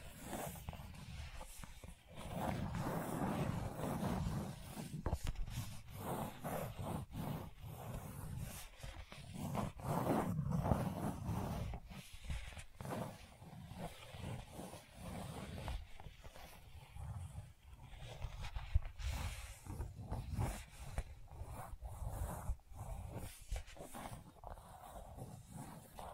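Gentle scratching runs almost continuously, a dense soft rasp with frequent quick strokes, low rustle underneath and brief quieter pauses throughout.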